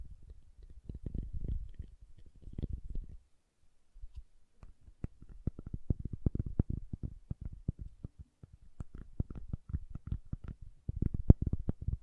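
Soap is tapped and carved in a dense run of short, dull knocks and scrapes, mostly low with faint brighter clicks on top. A thicker scraping patch fills the first three seconds, then a near-silent pause, then quicker irregular taps continue to the end.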